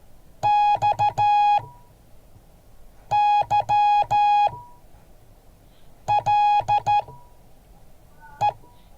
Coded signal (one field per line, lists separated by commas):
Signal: Morse code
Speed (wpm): 13 wpm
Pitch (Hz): 830 Hz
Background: none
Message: XYLE